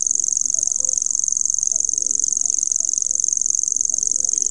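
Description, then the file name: Common grasshopper warbler giving a sustained high, cricket-like reel without pause. "grasshopper warbler omkicau"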